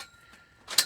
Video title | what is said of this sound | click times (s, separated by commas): Building Begins On The Ridge! - OFF GRID Barndominium Build | pops right into place kind of feel like Michael Jackson with these gloves on | 0.8 s